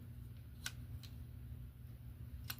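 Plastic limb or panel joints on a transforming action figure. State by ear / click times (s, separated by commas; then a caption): seated / 0.7 s, 2.5 s. Plastic parts of a Transformers Studio Series Voyager Class TF One Sentinel Prime action figure are swung all the way up during transformation until they click into their plastic detents. Sharp plastic clicks sound at 0.7 s and 2.5 s over a steady low hum, with a fainter tick near 1.0 s. The parts click into place and seat.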